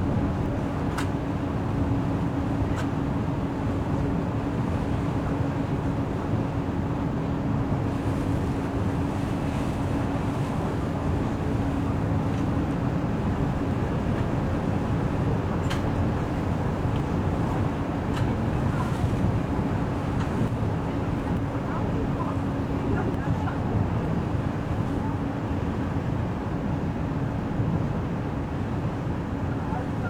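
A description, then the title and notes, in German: On the ferry from Konstanz to Meersburg, a steady low engine rumble fills the whole stretch with an even, unbroken drone and a faint constant hum above it. Brief clicks and taps come through now and then, with faint murmurs of voices mixed in. Auf der Fähre von Konstanz nach Meersburg. An das nördliche Ufer des Bodensees. Im Oktober 2018.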